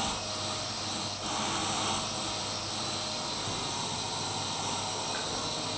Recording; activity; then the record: daily activity, microphone in the room; vacuum cleaning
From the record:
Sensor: 1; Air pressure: 991.0 hPa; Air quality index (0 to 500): 118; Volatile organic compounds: 173 ppm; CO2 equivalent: 4118 ppm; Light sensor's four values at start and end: 19/45/18/20 and 19/44/18/20